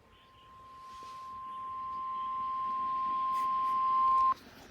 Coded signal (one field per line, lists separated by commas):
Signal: Emergency Alert System (SAME) tones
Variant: 1050 Hz attention tone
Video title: EAS 536 - SMW